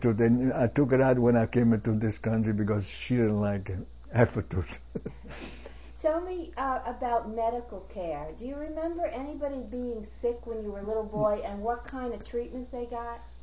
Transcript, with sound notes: And I took it out when I came into this country because she didn't like it, half a tooth. [chuckles]
Tell me about medical care. Do you remember anybody being sick when you were a little boy, and what kind of treatment they got?